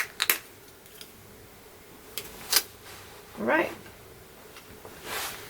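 With two fingers pulling the Oakley Eyepatch sunglass frame outward while a thumb pushes the old lens forward, the second lens unseats from the frame grooves. A sharp pop at 0.3 s marks the lens releasing and popping out of the frame, followed by a few lighter clicks and soft handling rustles. Someone talks briefly.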